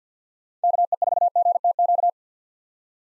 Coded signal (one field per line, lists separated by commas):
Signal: Morse code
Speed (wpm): 50 wpm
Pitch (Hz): 700 Hz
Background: none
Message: KE4GTQ